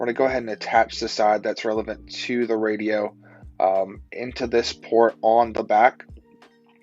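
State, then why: Not seated. Someone talks while holding the radio-side plug of a plastic wiring harness up to the port on the back of an aftermarket car radio inside a car. Only a few faint, brief ticks come near the end, around 6.4 and 6.8 seconds. Nothing has seated or clicked yet.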